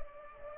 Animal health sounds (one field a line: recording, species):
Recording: mosquito wingbeat signal from an infrared sensor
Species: Culex pipiens